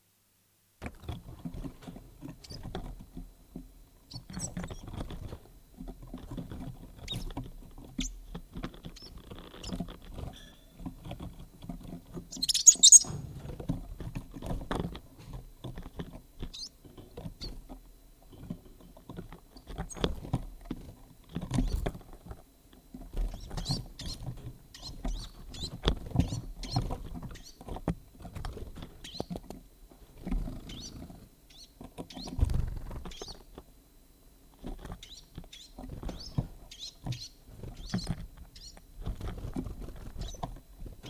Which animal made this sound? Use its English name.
Western Bonelli's Warbler